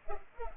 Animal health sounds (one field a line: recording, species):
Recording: mosquito wingbeat signal from an infrared sensor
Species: Culex pipiens